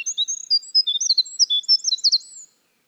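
Winter wren singing a rapid series of high, tinkling slurred notes and little trills for about two and a half seconds, no other sounds.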